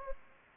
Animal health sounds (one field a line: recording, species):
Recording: mosquito wingbeat signal from an infrared sensor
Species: Anopheles gambiae